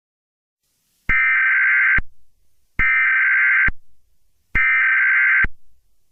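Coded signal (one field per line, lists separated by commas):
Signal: Emergency Alert System (SAME) tones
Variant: header bursts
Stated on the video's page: Fictional EAS scenario about a bird attack.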